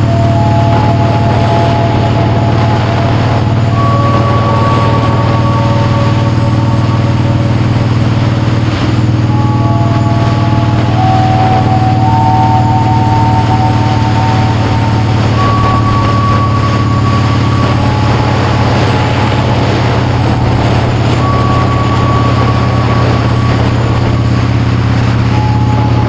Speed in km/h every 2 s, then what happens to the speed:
71, 72, 79, 79, 85, 77, 76, 72, 76, 74, 68, 74, 66.
0-3 speeds up to 79. 3-9 steady at about 79. 9-12 slows to 76. 12-26 steady at about 74.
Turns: none.